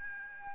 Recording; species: mosquito wingbeat signal from an infrared sensor; Aedes albopictus